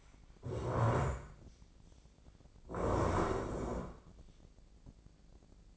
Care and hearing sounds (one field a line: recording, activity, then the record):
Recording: daily activity, microphone in the room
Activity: stand up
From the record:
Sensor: 5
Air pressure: 1012.4 hPa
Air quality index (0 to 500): 154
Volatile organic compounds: 2 ppm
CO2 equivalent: 1058 ppm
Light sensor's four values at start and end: 248/596/253/278 and 247/593/252/277